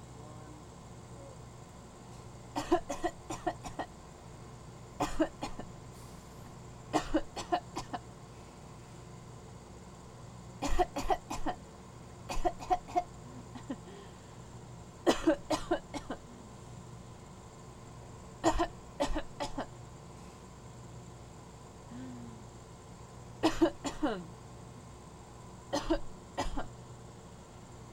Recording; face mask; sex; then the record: voluntary coughing; surgical mask; female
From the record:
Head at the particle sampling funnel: turned sideways, cheek in front of it